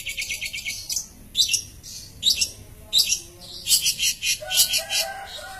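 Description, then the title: Long-tailed shrike uttering separate harsh, squawky notes, roughly one or two each second, with some lower nasal tones toward the end. "Cendet"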